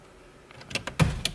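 On a 2019+ Toyota Corolla, fingers on the corners of the plastic screen trim panel pull it outward out of the dashboard. Faint creaks and a few sharp snaps build up through the pull, with a strong thump around 1.0 s. The first retaining clip pops free with a crisp click at 1.3 s, releasing the trim.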